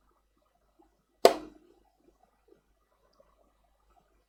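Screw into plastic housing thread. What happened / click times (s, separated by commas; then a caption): The screw thread dropped into the existing plastic thread / 1.2 s. A screw is turned backward in a plastic housing to find the existing thread. A single sharp, bright click at 1.3 s rings out and decays over about a quarter second against near silence. It is the thread click being waited for, and the screw thread is seated in the plastic.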